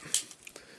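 The plastic foot of a transforming robot figure is folded down on the ratcheting joint of its leg, giving a sharp, bright plastic click at 0.1 s. Two much fainter ticks follow at about 0.5 and 0.6 s, and the foot is seated on its ratchet.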